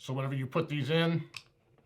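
Someone talks while handling a steel screwdriver bit at the magnetic socket of a Wheeler Pro gunsmithing screwdriver handle, with a faint short tick near the end. The bit has not yet clicked into the handle; nothing has seated.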